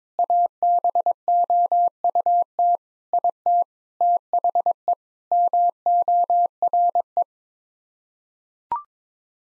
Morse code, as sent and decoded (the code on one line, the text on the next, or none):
.- -... --- ..- - / .. - / - .... . / -- --- .-. .
ABOUT IT THE MORE